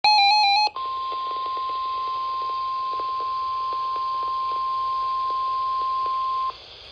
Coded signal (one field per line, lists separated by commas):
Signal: Emergency Alert System (SAME) tones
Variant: 1050 Hz attention tone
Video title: EAS #1101 Tornado Watch